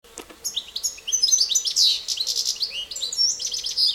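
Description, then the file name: European goldfinch pouring out a fast, liquid twitter of high chirps and buzzy notes almost continuously, with a couple of sharp clicks at the start. "Carduelis carduelis"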